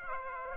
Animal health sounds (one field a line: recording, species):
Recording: mosquito wingbeat signal from an infrared sensor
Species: Aedes aegypti